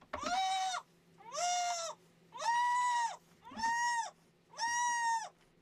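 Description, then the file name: Goat kid bleating five times, each steady, drawn-out cry lasting under a second and coming about once a second. Female goat kid in a disbudding box during disbudding; head let cool briefly before the other horn bud is done. "How to Disbud a Goat Kid"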